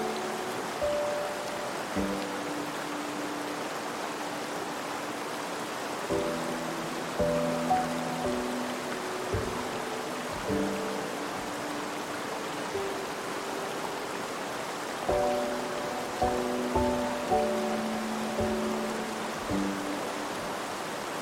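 A cascading stream pours steadily, a dense, even rush of water that fills the whole clip without letting up. Over it, soft relaxing music plays slow sustained tones and gentle chords, changing every few seconds, with pauses around 2, 6 and 15 seconds.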